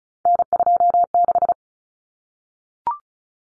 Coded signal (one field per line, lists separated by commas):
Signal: Morse code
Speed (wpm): 34 wpm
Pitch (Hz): 700 Hz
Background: none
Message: N26